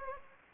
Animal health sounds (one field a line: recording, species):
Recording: mosquito wingbeat signal from an infrared sensor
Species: Anopheles gambiae